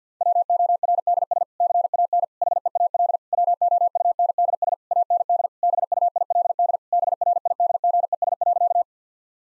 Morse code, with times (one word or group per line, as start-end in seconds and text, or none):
0.2-1.4 WORDS
1.6-2.2 CAN
2.4-3.2 HEAL
3.3-4.7 WOUNDS
4.9-5.5 AND
5.6-6.8 BUILD
6.9-8.8 BRIDGES.